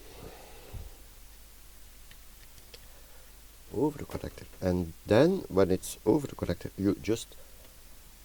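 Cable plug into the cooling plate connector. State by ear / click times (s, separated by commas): not seated / none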